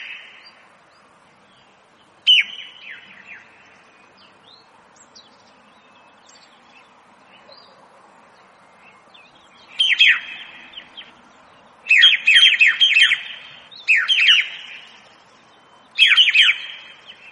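Birdsong rings out in short, bright bursts of chirps, one near 2 seconds, then a quieter stretch, then a run of louder phrases at about 10, 12, 14 and 16 seconds. Fainter calls sit in the gaps over a soft, steady hush.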